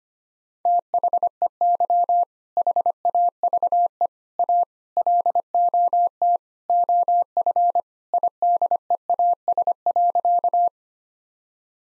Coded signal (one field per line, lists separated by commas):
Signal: Morse code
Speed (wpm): 25 wpm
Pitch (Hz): 700 Hz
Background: none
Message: THEY HAVE A LOT OF IDEAS.